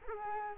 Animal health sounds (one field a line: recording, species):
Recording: mosquito wingbeat signal from an infrared sensor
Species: Culex quinquefasciatus